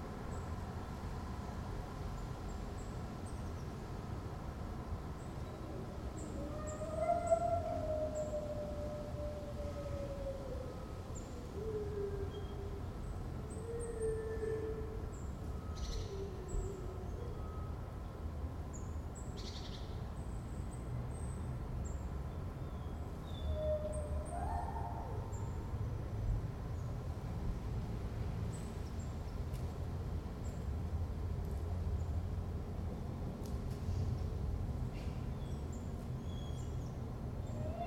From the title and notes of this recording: Patio with howling dog Corinthstraße Berlin. Recorded from the bathroom window of an apartment we rented for a week located in Friedrichshain, Berlin.